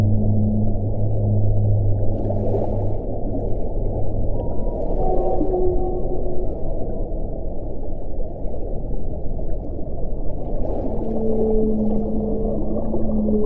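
Underwater recording with a constant dense low rush, muffled and dark, with nothing bright above. Long steady tones hum through it: a low drone for the first four seconds, faint tonal calls around five to six seconds, and higher held tones from about eleven seconds to the end.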